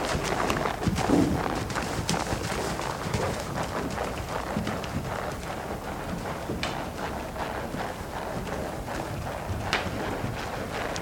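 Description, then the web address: Horses' hoofbeats thudding and clopping in quick, irregular succession, many steps blending together over steady background noise. Horses in a riding school, heard from one end of the school; narrow stereo image. "BBC Horses School"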